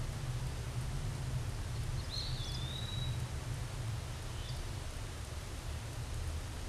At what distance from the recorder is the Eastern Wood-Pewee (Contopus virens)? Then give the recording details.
about 10 m. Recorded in a Pennsylvania forest on 17 May 2023 at 14:20. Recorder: AudioMoth, point grid1_19_low. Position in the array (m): 90 m, 202 m